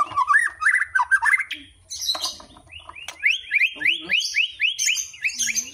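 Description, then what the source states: White-rumped shama song opening with rich varied whistles, then switching to a rhythmic run of rising high chirps and trills in a canary-like style. Song imitating a canary; described with the term 'nembak kenari' for copying canary phrases.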